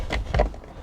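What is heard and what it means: A shower sprayer hose is snapped onto the front shower head fitting of a Winnebago Solis 59PX RV to push antifreeze through. A soft handling sound at 0.1 s is followed by a quick double click at about 0.4 s, then faint ticks. The hose is seated securely in the fitting.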